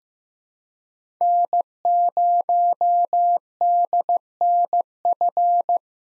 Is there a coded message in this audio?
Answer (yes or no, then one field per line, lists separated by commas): yes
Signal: Morse code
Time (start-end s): 1.2-5.8 s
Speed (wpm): 15 wpm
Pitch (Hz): 700 Hz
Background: none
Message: N0DNF